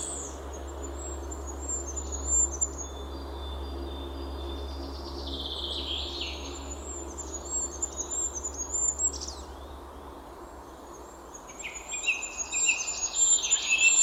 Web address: linnut hippiainen